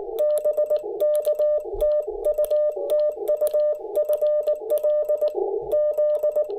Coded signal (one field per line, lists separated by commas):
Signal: Morse code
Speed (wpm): 18 wpm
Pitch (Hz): 600 Hz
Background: none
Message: BK TU TU FL Z